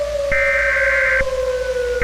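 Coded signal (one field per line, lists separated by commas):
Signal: Emergency Alert System (SAME) tones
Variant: header bursts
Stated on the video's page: Fictional EAS scenario, text and editing made in mobile apps.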